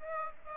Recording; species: mosquito wingbeat signal from an infrared sensor; Aedes aegypti